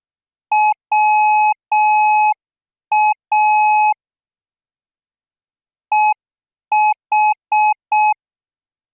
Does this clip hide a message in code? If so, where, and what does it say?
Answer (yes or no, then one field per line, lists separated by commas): yes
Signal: Morse code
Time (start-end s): 0.5-8.1 s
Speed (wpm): 6 wpm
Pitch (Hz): 850 Hz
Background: none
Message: WA EH